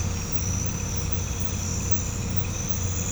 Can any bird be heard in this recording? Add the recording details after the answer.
no. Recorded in pastures near Puerto Asís, Putumayo, Colombia, on 18 December 2024 at 03:00. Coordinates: 0.505, -76.324. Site G063